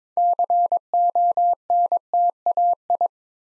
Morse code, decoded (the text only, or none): CONTAI